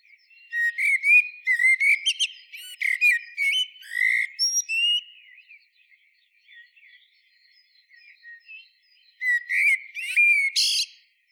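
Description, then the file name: Common blackbird song with several warbled whistled phrases and sharp squeaky twitters over five seconds, a quiet gap, then another phrase ending in a high twitter. "Turdus merula"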